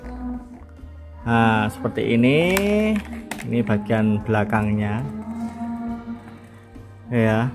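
A digital thermostat module is handled at its cut-out in the dashboard panel of a Starlet car, where top and bottom locking clips will hold it. Someone talks over a steady tonal background, with two faint ticks near 0.6 and 0.7 seconds. Nothing has seated or clicked yet.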